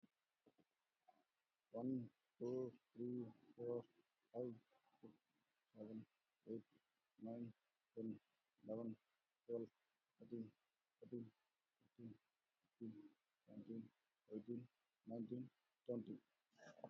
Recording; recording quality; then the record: counting at a normal pace; excellent, no background noise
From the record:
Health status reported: COVID-19 positive, moderate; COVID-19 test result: positive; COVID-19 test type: RT-PCR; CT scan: not taken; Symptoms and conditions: breathing difficulty, fever, loss of smell and taste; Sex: male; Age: 38 years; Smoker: no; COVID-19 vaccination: none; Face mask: worn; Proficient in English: yes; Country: India